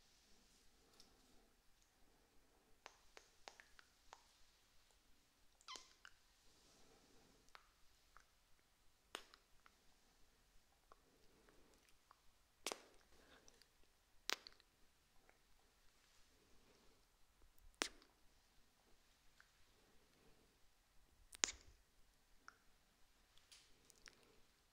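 Soft kissing sounds: short, wet lip smacks and pops spaced irregularly against a very quiet background. Most are faint and quick. Sharper, louder smacks stand out around 13, 14, 18 and 21 seconds, the crispest near 21 seconds.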